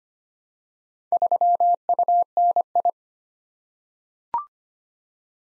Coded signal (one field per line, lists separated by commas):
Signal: Morse code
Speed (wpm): 25 wpm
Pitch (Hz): 700 Hz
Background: none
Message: 3UNI